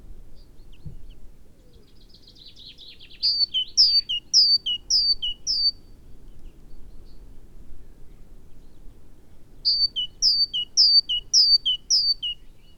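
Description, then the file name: Great tit singing two bursts of bright two-note phrases, high then lower, each burst of about five quick repeats separated by a long quiet gap with faint low rumble. "Parus major"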